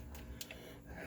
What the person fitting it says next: we've got that click